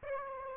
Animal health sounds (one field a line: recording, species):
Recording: mosquito wingbeat signal from an infrared sensor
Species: Aedes aegypti